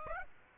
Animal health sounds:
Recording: mosquito wingbeat signal from an infrared sensor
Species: Aedes aegypti

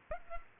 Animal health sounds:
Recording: mosquito wingbeat signal from an infrared sensor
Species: Culex pipiens

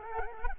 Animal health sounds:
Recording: mosquito wingbeat signal from an infrared sensor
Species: Culex quinquefasciatus

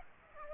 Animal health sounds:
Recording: mosquito wingbeat signal from an infrared sensor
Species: Aedes aegypti

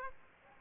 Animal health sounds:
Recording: mosquito wingbeat signal from an infrared sensor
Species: Aedes aegypti

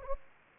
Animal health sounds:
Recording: mosquito wingbeat signal from an infrared sensor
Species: Anopheles gambiae

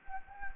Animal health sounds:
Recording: mosquito wingbeat signal from an infrared sensor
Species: Anopheles gambiae

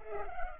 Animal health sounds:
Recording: mosquito wingbeat signal from an infrared sensor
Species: Culex pipiens

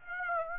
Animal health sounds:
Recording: mosquito wingbeat signal from an infrared sensor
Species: Aedes aegypti

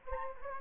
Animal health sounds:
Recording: mosquito wingbeat signal from an infrared sensor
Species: Anopheles gambiae

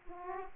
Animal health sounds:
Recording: mosquito wingbeat signal from an infrared sensor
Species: Aedes aegypti

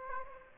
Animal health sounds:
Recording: mosquito wingbeat signal from an infrared sensor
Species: Aedes aegypti

